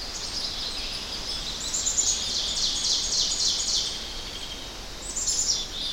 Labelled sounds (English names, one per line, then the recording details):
Ovenbird song
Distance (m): 40 m
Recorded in boreal forest in Alberta, Canada, on 10 June 2016 at 08:13
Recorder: SongMeter 3, array SBT-3-39
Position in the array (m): 234 m, 147 m
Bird 17